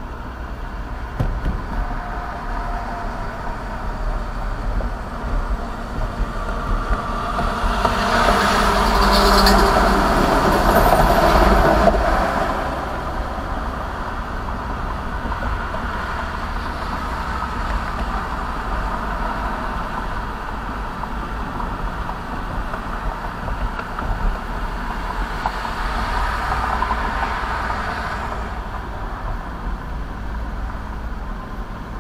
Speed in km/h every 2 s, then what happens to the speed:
39, 40, 40, 39, 39, 44, 45, 50, 52, 53, 53, 52, 48, 47, 45, 45.
0-8 steady at about 39. 8-18 speeds up to 53. 18-27 slows to 45.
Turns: none.